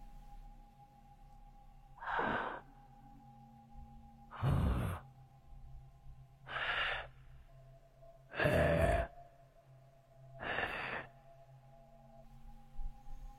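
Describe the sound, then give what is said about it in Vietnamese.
Five slow, rasping breaths from three people huddled together wheeze out at regular intervals, each a loud, noisy burst with a hoarse, eerie edge, separated by a low steady hum. “Đột nhiên, ông nghe thấy âm thanh của ba người kia phát ra kỳ dị. Tiếng cứ khò khè khò khè.”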